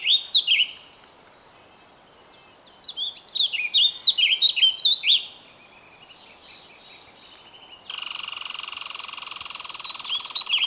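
Bird song: a short burst of chirps, then a quick warbling phrase, followed by a steady hissing noise from about eight seconds on.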